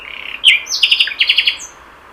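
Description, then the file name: Common nightingale song phrase: a soft trill, a sharp note, then quick repeated clicking notes in two rapid groups. "Luscinia megarhynchos"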